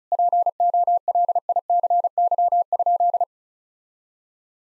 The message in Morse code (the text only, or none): POLICY?